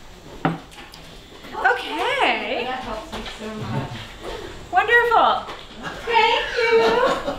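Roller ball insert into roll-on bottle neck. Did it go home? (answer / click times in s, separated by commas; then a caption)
yes / 0.5 s. A roller ball insert is pressed into the neck of a small essential-oil roll-on bottle after the larger piece, and it pops right in with a sharp click at 0.5 s. Someone talks for the rest of the clip, and the insert is seated.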